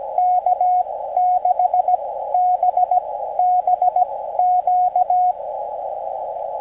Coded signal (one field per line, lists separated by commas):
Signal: Morse code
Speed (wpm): 17 wpm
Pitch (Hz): 750 Hz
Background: radio noise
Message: K6BBQ